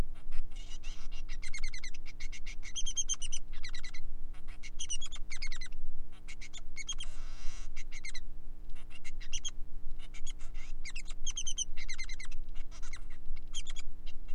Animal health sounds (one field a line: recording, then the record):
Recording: song of a male Bengalese finch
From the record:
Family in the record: son of father 3